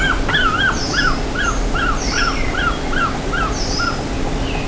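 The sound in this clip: Bird calls: brief arched whistles in a quick, uneven string, with a few higher squeaky notes and a continuous low hum underneath.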